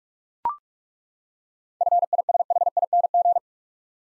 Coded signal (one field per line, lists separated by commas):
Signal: Morse code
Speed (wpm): 42 wpm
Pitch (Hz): 700 Hz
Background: none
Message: FISHING